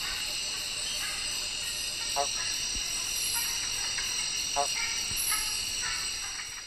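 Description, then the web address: Fringed leaf frog calls, two short pulsed, rattling notes about two seconds apart, set against a dense, steady high-pitched insect chorus throughout. Recorded in the Ecuadorian Amazon. "Frogs of Ecuadorian Amazon Agalychnis craspedopus"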